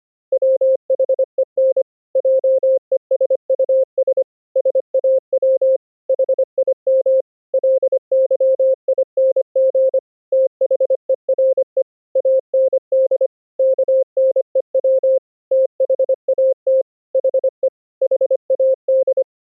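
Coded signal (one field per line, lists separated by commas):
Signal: Morse code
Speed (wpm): 25 wpm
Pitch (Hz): 530 Hz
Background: none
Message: WHEN JESUS SAW HIM LYING THERE AND KNEW THAT HE HAD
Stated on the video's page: Morse code sent over the internet with the Opus codec in a full-duplex two-way GStreamer pipeline, testing for audio glitches across routers.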